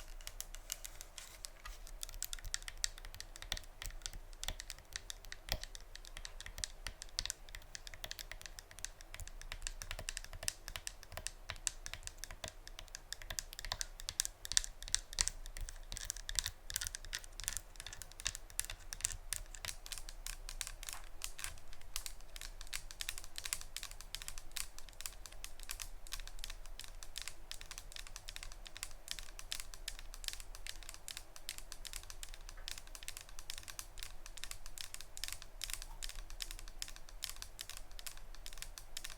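ASMR tapping: a dense, continuous patter of quick, crisp clicks and taps, much like typing on a keyboard. The rhythm is fast and fairly even throughout, growing busier and brighter after about fifteen seconds, with a faint low hum underneath.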